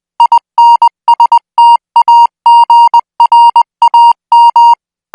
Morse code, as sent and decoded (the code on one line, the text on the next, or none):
.. -. ... - .- --. .-. .- --
INSTAGRAM